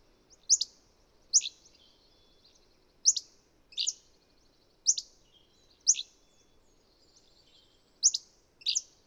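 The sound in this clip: Bird calling with loud, high, falling chirps in uneven pairs and singles, separated by short pauses, with faint low rumbling behind.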